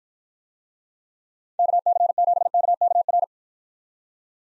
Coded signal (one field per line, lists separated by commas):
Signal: Morse code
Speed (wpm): 53 wpm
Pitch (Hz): 700 Hz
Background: none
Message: KC7KKR